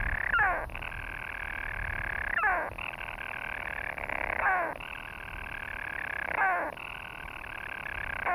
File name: Storm Petrel (Hydrobates pelagicus)